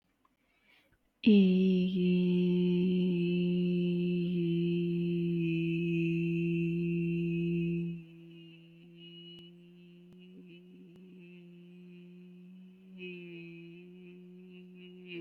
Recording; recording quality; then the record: sustained vowel as in beet; excellent, no background noise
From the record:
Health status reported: healthy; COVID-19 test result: negative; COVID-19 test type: RT-PCR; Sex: female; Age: 29 years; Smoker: no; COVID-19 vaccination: one dose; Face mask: not worn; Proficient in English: yes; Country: India